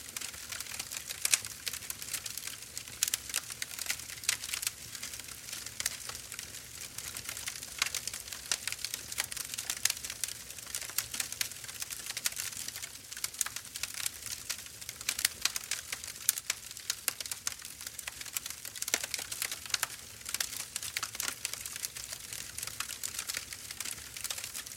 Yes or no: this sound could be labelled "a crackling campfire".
yes